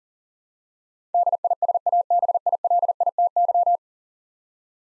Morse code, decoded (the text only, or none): DISABILITY